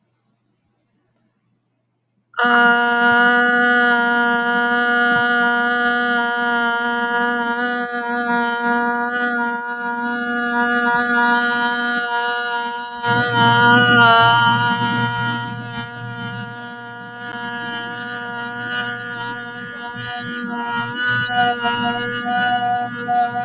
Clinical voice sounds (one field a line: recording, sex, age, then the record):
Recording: vowel held as long as possible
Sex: female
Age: 18 to 19 years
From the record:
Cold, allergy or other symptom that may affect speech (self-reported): no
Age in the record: 19 years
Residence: Texas, United States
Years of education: 13